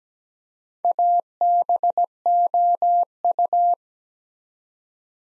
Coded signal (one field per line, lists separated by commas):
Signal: Morse code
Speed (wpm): 17 wpm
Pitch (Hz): 700 Hz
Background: none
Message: ABOU